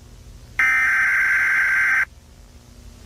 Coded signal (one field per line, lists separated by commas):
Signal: Emergency Alert System (SAME) tones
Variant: header bursts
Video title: Reacting to emergency alert systems part one (new trend) #emergencyalertsystem #easalert #fakenews